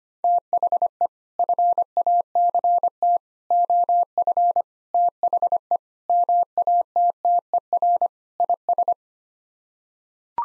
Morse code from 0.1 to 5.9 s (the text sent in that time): THE FACT OF THE